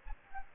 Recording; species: mosquito wingbeat signal from an infrared sensor; Aedes aegypti